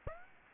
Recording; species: mosquito wingbeat signal from an infrared sensor; Aedes aegypti